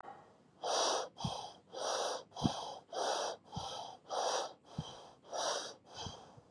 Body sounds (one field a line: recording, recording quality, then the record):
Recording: shallow breathing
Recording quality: excellent, no background noise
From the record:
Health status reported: recovered from COVID-19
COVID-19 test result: positive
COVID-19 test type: RT-PCR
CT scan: not taken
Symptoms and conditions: none ticked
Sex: male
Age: 29 years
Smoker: yes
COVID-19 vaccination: both doses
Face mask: not worn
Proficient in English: yes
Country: India